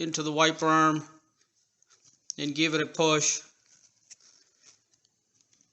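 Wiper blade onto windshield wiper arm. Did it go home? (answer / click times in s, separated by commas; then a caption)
no / none. A wiper blade is being fitted to the windshield wiper arm of a Range Rover L322, its round locking tab lined up with the arm, while someone talks. After the talking, only faint small ticks and handling sounds are heard. Nothing has clicked or seated yet.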